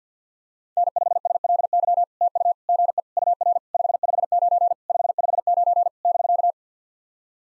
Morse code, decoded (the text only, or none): N5SLY TU GE UR 559 559 <BK>